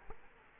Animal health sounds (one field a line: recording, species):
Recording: mosquito wingbeat signal from an infrared sensor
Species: Culex quinquefasciatus